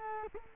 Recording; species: mosquito wingbeat signal from an infrared sensor; Culex quinquefasciatus